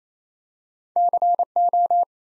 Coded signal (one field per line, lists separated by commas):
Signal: Morse code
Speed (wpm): 27 wpm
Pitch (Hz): 700 Hz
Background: none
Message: CO